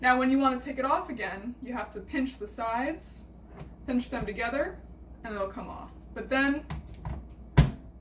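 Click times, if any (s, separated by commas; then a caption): 7.6 s. A faucet water filter is pushed back onto its faucet adapter while someone talks, and the filter's sides are pinched together to remove it. A loud plastic click at 7.6 seconds marks the filter snapping back on, seated.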